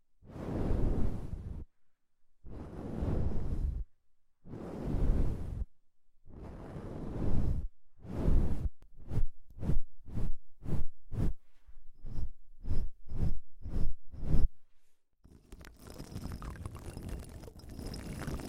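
Deep ear cleaning sounds open with four slow, rustling swipes, each about a second and a half long with short pauses between. Quicker, shorter strokes follow at a steady pace of about two per second, then a continuous rough, crackly scratching runs to the end.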